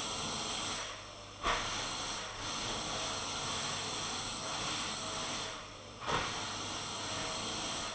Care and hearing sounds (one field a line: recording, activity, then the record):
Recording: daily activity, microphone in the room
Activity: vacuum cleaning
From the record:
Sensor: 4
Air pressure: 995.3 hPa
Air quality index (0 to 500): 199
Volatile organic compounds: 147 ppm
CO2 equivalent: 4008 ppm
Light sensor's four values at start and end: 9/22/8/10 and 9/22/8/10